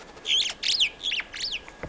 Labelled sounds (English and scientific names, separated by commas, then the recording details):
Superb Starling (Lamprotornis superbus) flight call
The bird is a male
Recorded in Kenya on 6 July 2008 at 12:45
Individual 51, of group MRC1